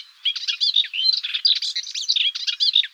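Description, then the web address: Melodious warbler song: a fast babbling warble of varied chattering and twittering notes, jumbled and hurried. "Hippolais polyglotta"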